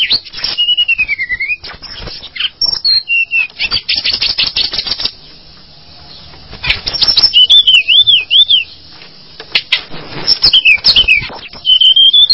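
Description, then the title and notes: Bird song of wavering, warbled whistles and rapid chattering rattles, with a quiet stretch in the middle before the loud song resumes. "Bird Sound. Kicau Burung Lengkap"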